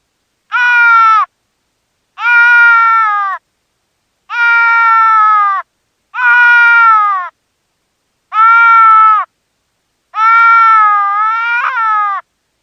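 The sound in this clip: Deer fawn bleating, six drawn-out nasal cries roughly every two seconds, the last one longer with a wavering break.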